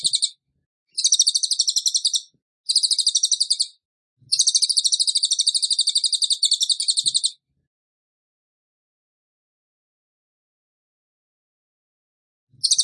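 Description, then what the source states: Bird repeating high, rapid pulsed trills in bursts of one to three seconds separated by short pauses, followed by a long silence and a new burst at the end. Bird singing actively ('gacor') in the 'tembakan' rapid-burst style, used for training cage birds.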